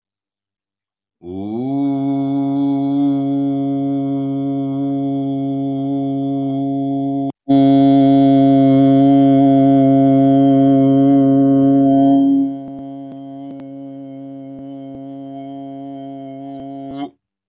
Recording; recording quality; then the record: sustained vowel as in boot; excellent, no background noise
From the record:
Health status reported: healthy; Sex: male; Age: 40 years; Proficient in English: yes